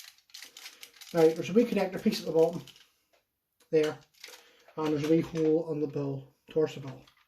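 Someone talks while handling a Power Rangers Zeo Zord toy robot, lining up a small plastic connector piece at its bottom with a small hole in the bull torso section. A few faint taps of plastic handling come in the first second, under and between the talking. Nothing has seated or clicked yet.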